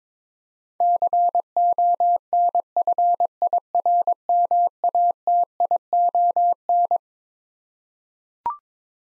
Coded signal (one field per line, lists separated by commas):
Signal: Morse code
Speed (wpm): 22 wpm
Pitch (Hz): 700 Hz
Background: none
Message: CONFIRMATION